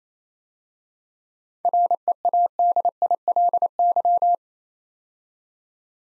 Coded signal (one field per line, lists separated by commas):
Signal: Morse code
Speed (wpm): 29 wpm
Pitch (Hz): 700 Hz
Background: none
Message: READILY